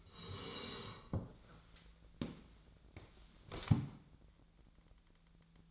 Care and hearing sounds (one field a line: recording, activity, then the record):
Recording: daily activity, microphone in the room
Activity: sit down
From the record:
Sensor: 3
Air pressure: 1000.4 hPa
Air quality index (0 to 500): 171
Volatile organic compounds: 3 ppm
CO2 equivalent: 1490 ppm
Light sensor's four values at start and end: 13/31/13/14 and 14/31/13/14